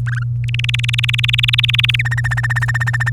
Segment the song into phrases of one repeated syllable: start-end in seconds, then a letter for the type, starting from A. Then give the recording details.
0.06-0.23 A, 0.44-2.02 B, 2.05-3.10 C. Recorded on 24 April 2018 at 06:23. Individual llb3